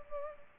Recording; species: mosquito wingbeat signal from an infrared sensor; Culex pipiens